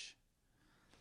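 A brief, sharp hissing burst, then near silence: the explosive tail of a single sneeze from an adult audience member in a room.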